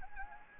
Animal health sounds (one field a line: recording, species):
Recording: mosquito wingbeat signal from an infrared sensor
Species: Anopheles gambiae